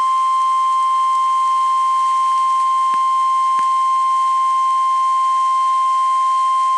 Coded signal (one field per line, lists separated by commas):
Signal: Emergency Alert System (SAME) tones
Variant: 1050 Hz attention tone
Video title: PDS Tornado Warning Minnesota Noaa Weather Radio Station WWG98 Park Rapids, MN 7/6/26